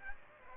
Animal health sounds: mosquito wingbeat signal from an infrared sensor; Aedes aegypti

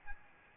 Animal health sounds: mosquito wingbeat signal from an infrared sensor; Aedes albopictus

